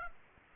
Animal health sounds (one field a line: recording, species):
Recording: mosquito wingbeat signal from an infrared sensor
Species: Aedes aegypti